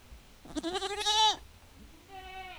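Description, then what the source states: Goat bleating: one long, quavering bleat that grows louder, then a softer, thinner bleat answering a second later. Domestic goats in a farmyard, calling back and forth in a dialogue in the wind.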